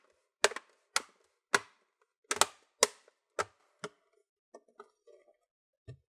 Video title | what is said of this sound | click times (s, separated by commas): Asus Vivobook X543b Battery Replacement Guide !!! | now what you want to do you want to pinch all around so you want to hear clicks while you're pinching and | 0.4 s, 1.0 s, 1.5 s, 2.3 s, 2.4 s, 2.8 s